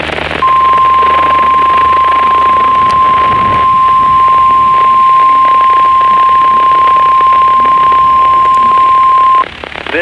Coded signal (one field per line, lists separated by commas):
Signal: Emergency Alert System (SAME) tones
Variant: 1050 Hz attention tone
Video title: Rest Easy, @ZakiTokitoFan - EAS Tests of 12/6/23 (New EAS 263-266)